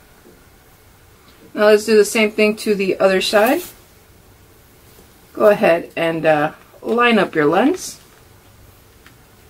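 A replacement sunglass lens is lined up to the groove of the frame before it is pushed down to seat, while someone talks in two bursts over a quiet background. A faint short tick is heard near 9.1 s, but the lens has not seated or clicked yet.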